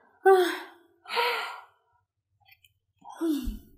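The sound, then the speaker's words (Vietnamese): A person yawns at the end of a phone call with breathy, drawn-out voiced exhalations: two in quick succession, then a pause and a third, lower, sliding yawn. Nothing is spoken. “Sở Thiên Lỗi ngáp, nói xong cúp điện thoại.”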